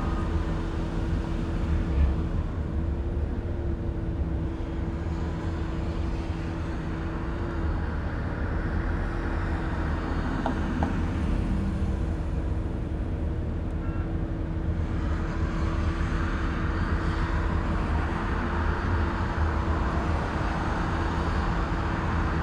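A car drive, heard as a steady low engine and road rumble with a constant hum running through it. The loudness stays nearly even for the whole stretch, with a brighter hiss swelling briefly around eleven seconds and again after fifteen.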